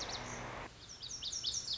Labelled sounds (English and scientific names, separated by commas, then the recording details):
Lazuli Bunting (Passerina amoena)
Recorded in Sonoma County, California